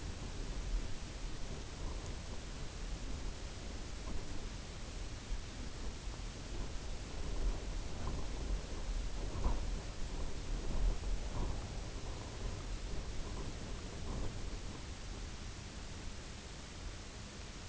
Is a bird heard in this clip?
no